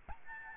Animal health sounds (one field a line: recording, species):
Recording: mosquito wingbeat signal from an infrared sensor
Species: Aedes albopictus